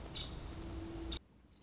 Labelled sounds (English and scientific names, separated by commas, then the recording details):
Nuttall's Woodpecker (Dryobates nuttallii)
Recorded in Sonoma County, California